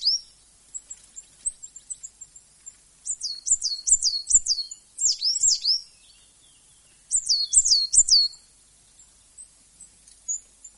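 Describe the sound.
Coal tit song: very high, thin bouncing two-part notes repeated rapidly in short bursts, with pauses between phrases and faint calls in between.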